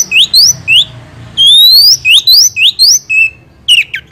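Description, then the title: Oriental magpie-robin song of repeated rising whistles, each sweeping sharply upward, delivered in quick succession, followed by a few harsher notes, over a faint low hum. Master training recording for songbirds of a first-place champion kacer. "Masteran Kacer Juara 1"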